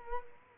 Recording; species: mosquito wingbeat signal from an infrared sensor; Culex quinquefasciatus